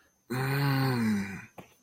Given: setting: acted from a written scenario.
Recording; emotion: vocal sound without words; realization